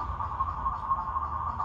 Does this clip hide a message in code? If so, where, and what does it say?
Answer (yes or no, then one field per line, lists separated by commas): no